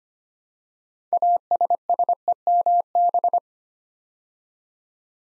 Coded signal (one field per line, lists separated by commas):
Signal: Morse code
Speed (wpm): 25 wpm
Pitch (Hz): 700 Hz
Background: none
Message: ASSEMB